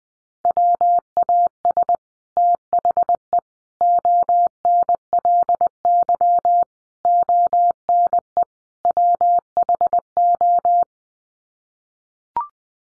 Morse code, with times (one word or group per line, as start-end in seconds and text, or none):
0.5-2.0 WAS
2.4-3.4 THE
3.8-6.6 ONLY
7.1-8.4 ONE
8.9-10.8 WHO